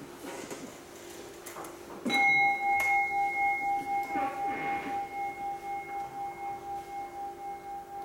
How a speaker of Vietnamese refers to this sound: Thôi bây giờ cháu xin chúng ta cùng nghe tiếng chuông, sau đó mình sẽ hồi hướng ha.